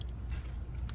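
A wiring harness electrical plug is handled at a new coolant temperature sensor on a 2015–2020 Cadillac Escalade, being replaced because the radiator fan runs at full blast and won't turn off even with the car off. Low rumble runs throughout, with brief sharp ticks at 0.0 s and 0.9 s. The plug has not seated or clicked in yet, and the white plastic safety lock has not been pushed down.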